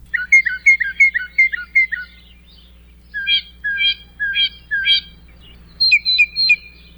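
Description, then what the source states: Northern Mockingbird song: a run of several repeated chirped notes, then a different phrase repeated four times, then another repeated phrase, each motif repeated before switching. Mimus polyglottos; repertoire of up to 200 songs added throughout life; night singing mostly by unmated males; singing resumes September through early November.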